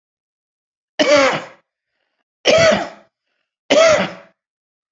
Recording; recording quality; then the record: heavy voluntary cough; excellent, no background noise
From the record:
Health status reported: healthy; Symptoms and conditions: diabetes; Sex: male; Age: 54 years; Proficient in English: yes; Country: India